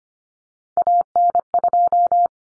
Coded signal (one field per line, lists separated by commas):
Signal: Morse code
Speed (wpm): 25 wpm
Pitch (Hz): 700 Hz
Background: none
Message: AN2